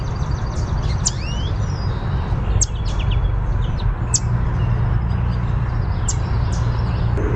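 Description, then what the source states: Yellow warbler giving sharp high chips at irregular intervals, with a few slurred notes, over a constant low rumble. Chip and song.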